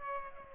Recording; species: mosquito wingbeat signal from an infrared sensor; Aedes aegypti